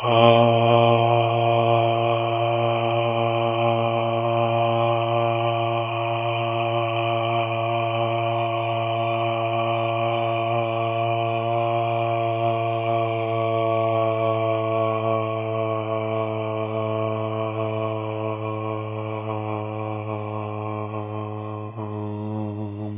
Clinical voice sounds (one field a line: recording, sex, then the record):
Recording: sustained vowel /a/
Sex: male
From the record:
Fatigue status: no fatigue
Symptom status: asymptomatic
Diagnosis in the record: COVID-19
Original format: 3gp